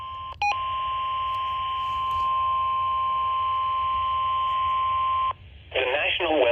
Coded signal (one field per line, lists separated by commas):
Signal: Emergency Alert System (SAME) tones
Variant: 1050 Hz attention tone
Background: speech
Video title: Another SVR On WXL70 EAS #658